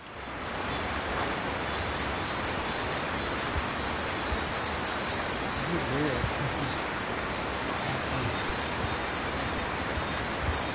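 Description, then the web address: Violet-headed Hummingbird calling with very high, thin chipping notes repeated steadily about four times a second throughout, over a soft low rumble. Recorded in Ecuador. "Birds of Ecuador. Vilet-headed Hummingbird"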